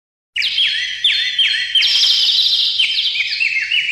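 Bird song of fast, bright chirps and descending whistled sweeps, repeated in quick phrases that grow denser after the first two seconds, with no other clear sounds.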